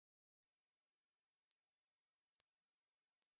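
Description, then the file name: Canary song: long, very high, pure whistled tones, each held about a second, the third one rising in pitch. "kenari"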